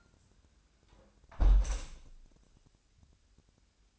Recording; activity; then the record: daily activity, microphone in the room; close window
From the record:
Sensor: 2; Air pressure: 1000.3 hPa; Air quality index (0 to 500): 123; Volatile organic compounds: 2 ppm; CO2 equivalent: 1034 ppm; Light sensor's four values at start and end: 12/32/12/14 and 11/31/12/14